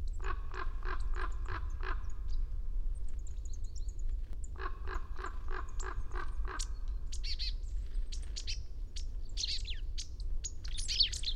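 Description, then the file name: Marsh tit calls: two bursts of harsh, nasal buzzy notes in quick series, with a few high thin chips near the end and low background rumble. "Poecile palustris"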